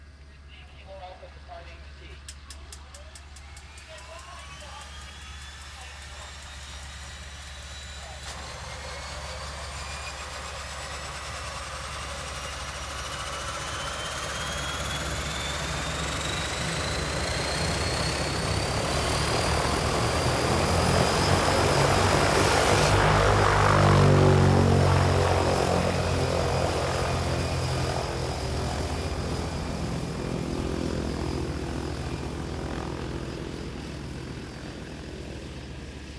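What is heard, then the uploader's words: A single-prop bush plane approaches, its droning engine swelling to a loud pass around twenty-four seconds, then fading. De Havilland Canada DHC - 3-T Turbo - Otter. Single prop, STOL bush plane.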